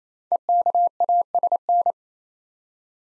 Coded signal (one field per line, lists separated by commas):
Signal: Morse code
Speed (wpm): 28 wpm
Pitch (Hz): 700 Hz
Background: none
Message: EKASN